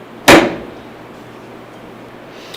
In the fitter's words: and lock it by pushing the handle back till you hear it lock like so